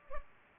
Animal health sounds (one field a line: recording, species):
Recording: mosquito wingbeat signal from an infrared sensor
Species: Culex pipiens